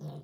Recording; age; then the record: pig call; piglet (1 to 25 days)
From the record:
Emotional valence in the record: negative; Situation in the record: long isolation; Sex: male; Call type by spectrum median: low-frequency call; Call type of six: low-frequency stable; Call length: 0.24 s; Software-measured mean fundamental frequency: 49 Hz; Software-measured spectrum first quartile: 150 Hz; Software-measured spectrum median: 217 Hz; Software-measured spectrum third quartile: 595 Hz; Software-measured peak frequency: 153 Hz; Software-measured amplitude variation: 112 dB a second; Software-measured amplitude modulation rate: 10.2 a second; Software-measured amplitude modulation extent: 11.0 dB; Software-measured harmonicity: 4.2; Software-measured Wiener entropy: -0.37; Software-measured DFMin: 1653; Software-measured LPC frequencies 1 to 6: 3135, 3786, 5658, 7348, 8375, 9322 Hz